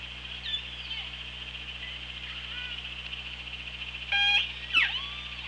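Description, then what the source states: Killer whale calls underwater: faint whistles early on, then a brief harmonic tone and a sharp descending squeal near the end, against constant hum. OrcaLab hydrophone, 24 August 2017.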